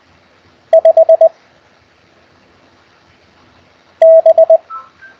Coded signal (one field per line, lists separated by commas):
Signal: Morse code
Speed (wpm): 20 wpm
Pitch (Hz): 650 Hz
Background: none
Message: 5 B